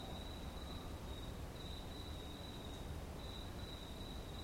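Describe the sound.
Cricket song, a steady high-pitched trill with a few short breaks, over a constant low rumble of background noise.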